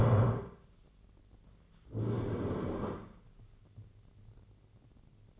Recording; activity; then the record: daily activity, microphone in the room; stand up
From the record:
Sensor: 4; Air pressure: 1010.1 hPa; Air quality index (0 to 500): 181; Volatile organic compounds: 2 ppm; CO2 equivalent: 1308 ppm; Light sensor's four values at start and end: 40/99/41/44 and 40/98/41/44